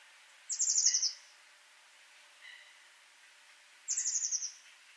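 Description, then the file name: Eurasian blue tit calls: two rapid, buzzy, descending chatters about three seconds apart, with a faint lower note between them and light background hiss. "Cyanistes caeruleus"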